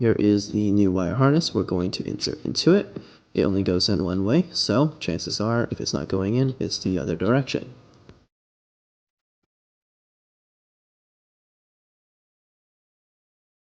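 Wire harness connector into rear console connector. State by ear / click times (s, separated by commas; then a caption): not seated / none. Someone talks while a new wire harness connector for an 8.66" rear screen in a Tesla Model 3 or Model Y is oriented and lined up with the rear console connector; it only fits one way. A faint brief tick comes at 8.1 s as the talking ends, followed by silence. Nothing has seated or clicked yet.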